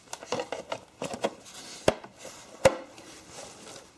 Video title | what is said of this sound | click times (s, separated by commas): Header Install 1993 C4 Corvette, Part 12 | That's snapped into place. | 1.9 s, 2.7 s